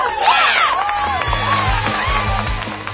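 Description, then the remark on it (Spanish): A crowd cheers loudly for the new mayor of Quito, Ecuador, with overlapping whoops and shouts, mixed with applause. The roar holds steady for about three seconds, with high excited voices rising above the din. “Bueno, damas y caballeros, Quito ya tiene un nuevo alcalde, así que un aplauso para el nuevo alcalde.”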